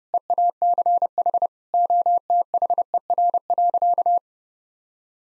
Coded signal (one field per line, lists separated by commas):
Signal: Morse code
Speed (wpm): 30 wpm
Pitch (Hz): 700 Hz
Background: none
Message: EACH OTHER.